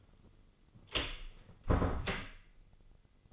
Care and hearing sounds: daily activity, microphone in the room; close door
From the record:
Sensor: 4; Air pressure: 996.9 hPa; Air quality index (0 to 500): 66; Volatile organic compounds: 2 ppm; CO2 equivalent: 1206 ppm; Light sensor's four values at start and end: 17/40/16/17 and 18/43/17/17

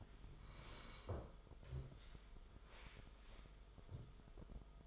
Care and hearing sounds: daily activity, microphone in the room; sit down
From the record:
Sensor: 5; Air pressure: 1005.5 hPa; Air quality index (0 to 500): 104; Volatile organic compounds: 2 ppm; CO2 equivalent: 1270 ppm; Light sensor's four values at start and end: 34/78/31/29 and 34/78/31/29

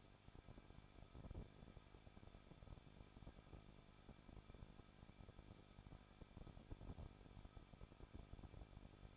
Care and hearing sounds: daily activity, microphone in the room; no activity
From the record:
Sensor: 5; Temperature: 20.9 degrees Celsius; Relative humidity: 38.1%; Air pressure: 1006.5 hPa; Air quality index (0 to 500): 187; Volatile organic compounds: 18 ppm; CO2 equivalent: 2620 ppm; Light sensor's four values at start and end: 2/3/1/1 and 2/3/1/1

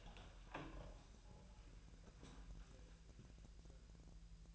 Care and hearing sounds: daily activity, microphone in the room; open door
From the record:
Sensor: 2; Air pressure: 1001.2 hPa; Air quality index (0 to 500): 247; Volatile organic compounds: 85 ppm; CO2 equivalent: 3645 ppm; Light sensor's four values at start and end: 10/23/10/10 and 10/24/10/10

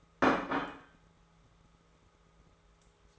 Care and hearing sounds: daily activity, microphone in the room; place plate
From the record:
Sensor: 3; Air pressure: 1015.0 hPa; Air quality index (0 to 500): 208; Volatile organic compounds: 34 ppm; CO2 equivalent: 3034 ppm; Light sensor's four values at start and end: 33/81/34/37 and 33/81/35/37

